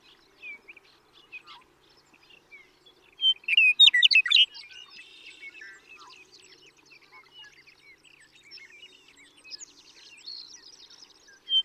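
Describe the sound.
Western meadowlark giving one loud, bubbling, flutelike song phrase. Busy chatter and twittering from other birds continues before and after it.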